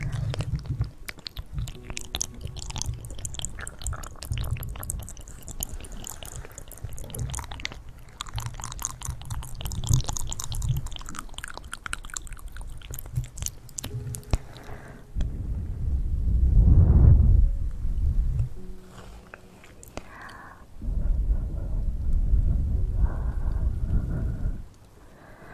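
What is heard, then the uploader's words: Mouth sounds and hand movements: dense crisp clicking and chewing-like crunches for fifteen seconds, then low rumbling rubs swelling around 17 and 22 seconds. ASMR Hand Sounds & Movements, Mouth Sounds.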